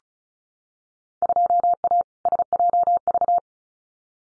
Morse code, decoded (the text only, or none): 2A SJV